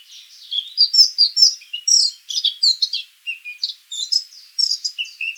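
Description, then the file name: Eurasian blackcap song: a rich, hurried warble of varied high, fluty and scratchy notes running continuously without pause. "Sylvia atricapilla"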